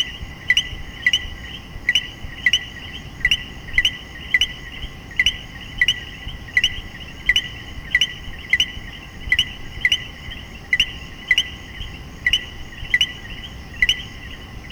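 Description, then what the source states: Common coquí two-note calls, quick low-then-high rising co-qui, repeated regularly and briskly against a constant shrill chorus. Puerto Rico.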